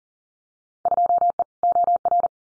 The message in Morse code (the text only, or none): 2E OR